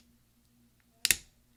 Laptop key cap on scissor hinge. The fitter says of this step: on this bottom part right here, and we're just going to slowly wedge it up until it snaps out.